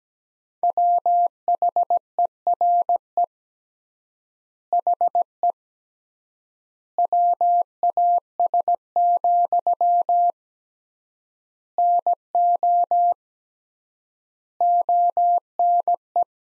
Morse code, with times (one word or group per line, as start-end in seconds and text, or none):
0.6-3.2 WHERE
4.7-5.5 HE
7.0-10.3 WAS,
11.8-13.1 NO
14.6-16.2 ONE